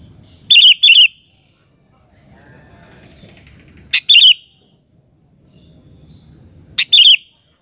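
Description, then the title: Sooty-headed bulbul giving short, loud, bubbly phrases in pairs, repeated about every three seconds, with a faint low rumble in the background. "Kutilang"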